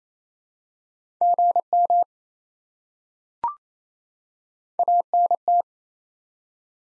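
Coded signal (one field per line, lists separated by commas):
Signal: Morse code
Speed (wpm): 28 wpm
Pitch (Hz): 700 Hz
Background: none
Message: GM ANT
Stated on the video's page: Morse code drill of top 20 QSO elements at 28 wpm for head-copy.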